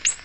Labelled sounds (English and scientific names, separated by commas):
Ovenbird (Seiurus aurocapilla) flight call